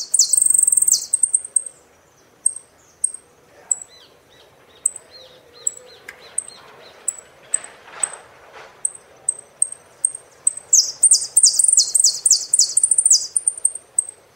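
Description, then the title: Saffron finch: loud rasping phrases at the start, then scattered sharp high chirps with a short run of lower notes mid-way, and a rapid burst of loud downslurred notes near the end. "Jilguero Argentino"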